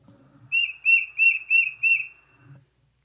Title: tufted titmouse